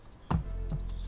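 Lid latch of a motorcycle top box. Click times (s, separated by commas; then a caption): 0.3 s. After the key is turned left, the release button on a plastic Shad SH33 motorcycle top box on a Honda CB150R is pressed and the lid latch pops open with a sharp hit at 0.3 s. Louder handling sounds from the lid follow, with a few smaller knocks near the end. The latch releases.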